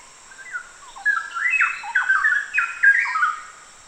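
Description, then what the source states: Straw-headed bulbul song: a rich, gurgling burst of loud, tumbling whistled notes that swoop up and down, lasting about three seconds after a soft lead-in, with a steady high hiss. Recorded in Danum Valley on 1 August 2009.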